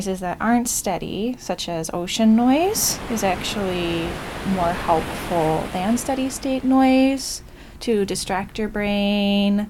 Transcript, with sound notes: noises that aren’t steady, such as ocean noise, [Ocean sounds] is actually more helpful than steady-state noise to distract your brain,